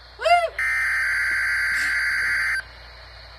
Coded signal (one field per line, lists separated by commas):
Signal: Emergency Alert System (SAME) tones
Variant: header bursts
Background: speech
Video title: EAS 95: Required Weekly Test + Plans for National EAS TesT